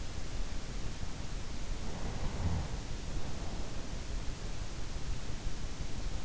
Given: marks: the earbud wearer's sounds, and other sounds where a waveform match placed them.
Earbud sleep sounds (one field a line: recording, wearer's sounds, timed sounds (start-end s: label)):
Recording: sounds in sleep by an in-ear microphone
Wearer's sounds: breath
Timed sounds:
1.69-3.86 s: breath